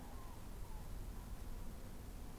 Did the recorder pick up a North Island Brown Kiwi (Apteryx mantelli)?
no